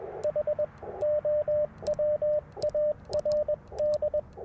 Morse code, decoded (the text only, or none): HOWARD